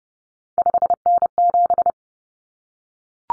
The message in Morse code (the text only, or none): 5N7